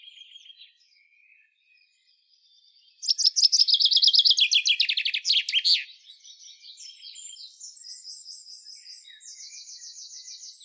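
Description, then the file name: Common chaffinch song: a fast rattling run of bright notes that drops in pitch and ends in a flourish, followed by softer twittering. "Fringilla coelebs"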